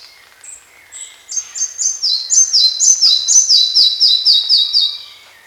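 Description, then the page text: Red-breasted flycatcher song opening with a few thin high notes, then a bright repeated phrase of falling double whistles, roughly four per second. "Red-Breasted Flycatcher Song. Quick Sounds"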